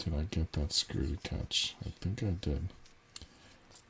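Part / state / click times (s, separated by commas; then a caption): small screw into wooden model kit piece / not seated / none. Someone talks while driving a small screw into a laser-cut wooden part of a ROKR Stagecoach model kit, followed by a sharp click at about 3.2 s and a fainter one right after in near silence. The screw fails to catch in the wooden part, so nothing has seated yet.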